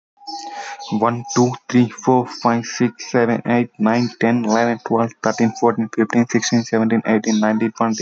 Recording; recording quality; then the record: counting at a fast pace; excellent, no background noise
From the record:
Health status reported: healthy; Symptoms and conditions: none ticked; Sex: male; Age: 28 years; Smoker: not ticked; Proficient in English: yes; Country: India